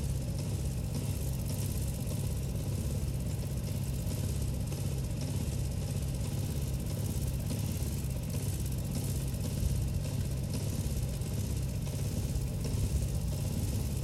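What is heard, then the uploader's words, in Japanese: A threshing machine strips grain from straw bundles with a steady, dense engine rumble, low, with faint rustling crackle above. 機械音あり 天日干し米たちの脱穀。地主さんに譲っていただいた年代モノの脱穀機頑張ってくれています。干していた藁束を機械でモミだけにする作業です。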